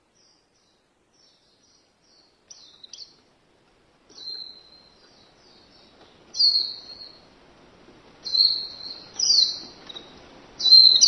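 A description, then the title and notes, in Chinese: Birds call in a rainforest, starting with faint high chirps and building to louder, bright whistled phrases around four, six and eight seconds, with a strong burst at the end. A soft, grainy wash of running water or rain rises underneath from about four seconds on. 雨林，鸟儿，小溪，水流，下雨。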